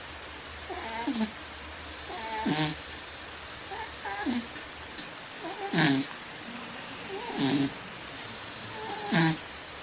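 Regular whistly, rasping snores from a cat, about 37 breaths a minute; a sound effect.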